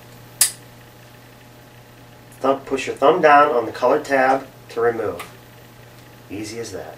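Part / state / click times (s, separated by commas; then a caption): plastic fuel line quick connector onto steel fuel line end / seated / 0.4 s. A plastic quick-connect fitting from a SUR&R KP1200/KP1500 fuel line repair kit is pushed onto the end of a steel fuel line and latches with a single sharp click at 0.4 s, showing it has seated. After a quiet pause, someone talks.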